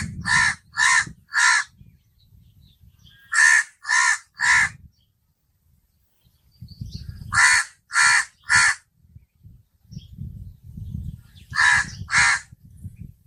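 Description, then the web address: Myna giving harsh, grating calls in quick bursts of two or three, each burst separated by a few seconds of quiet, with faint low rumbling between bursts. "animal-sound myna-sound"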